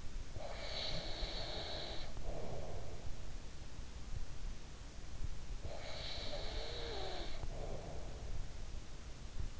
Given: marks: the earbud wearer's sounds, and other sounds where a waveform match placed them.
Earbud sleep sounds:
sounds in sleep by an in-ear microphone; breath
0.00-3.11 s: breath
5.26-8.73 s: breath

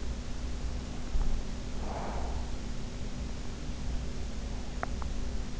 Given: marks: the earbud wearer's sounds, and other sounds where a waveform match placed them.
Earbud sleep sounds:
sounds in sleep by an in-ear microphone; breath, teeth grinding
1.72-2.64 s: breath
4.72-5.15 s: teeth grinding

